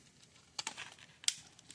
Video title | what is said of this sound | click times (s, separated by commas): Update: Hardwiring the video garage door keypad | That'll click into place. | 1.3 s